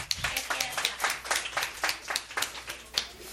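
A crowd claps for a few seconds, a dense patter of many hands with sharper individual claps standing out, steady and moderately loud with no one speaking.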